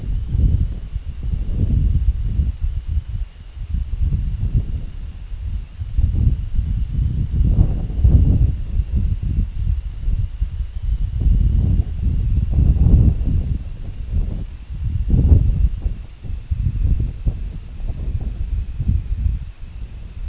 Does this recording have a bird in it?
no